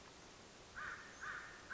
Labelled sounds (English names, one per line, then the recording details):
American Crow
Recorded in Sonoma County, California